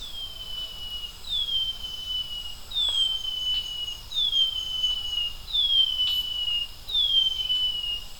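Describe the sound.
Brown-headed greenlet giving thin, high whistles that slide gently downward, each about a second long, repeated steadily about every one and a half seconds.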